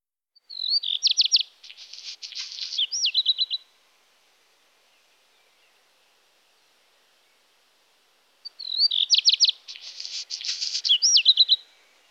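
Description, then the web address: Black redstart singing two similar strophes about eight seconds apart, each a whistled start, rapid clipped notes, a scratchy crackling middle and a twisting high ending. "IVN Zangvogels. Zwarte roodstaart"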